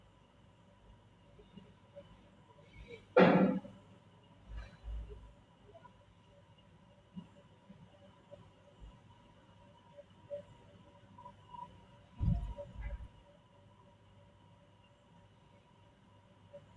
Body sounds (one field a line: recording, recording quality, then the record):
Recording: shallow breathing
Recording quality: poor, much background noise or distortion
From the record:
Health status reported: healthy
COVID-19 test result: negative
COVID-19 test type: RT-PCR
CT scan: not taken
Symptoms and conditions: none ticked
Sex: male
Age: 22 years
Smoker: no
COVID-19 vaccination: one dose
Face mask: not worn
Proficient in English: yes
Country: India